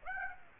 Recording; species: mosquito wingbeat signal from an infrared sensor; Aedes aegypti